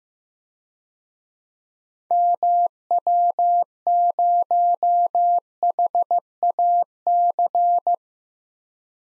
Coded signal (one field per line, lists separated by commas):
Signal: Morse code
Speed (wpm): 15 wpm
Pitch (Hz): 700 Hz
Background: none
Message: MW0HAC